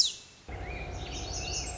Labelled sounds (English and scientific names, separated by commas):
Lazuli Bunting (Passerina amoena)